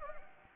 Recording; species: mosquito wingbeat signal from an infrared sensor; Anopheles gambiae